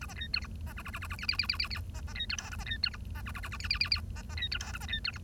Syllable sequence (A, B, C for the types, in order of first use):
A B C D E B F F F F F G G G G G G B B C D H A B C D E B F F F F G G G G B B C D H A B C D E